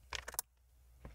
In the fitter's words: you can hear that little click.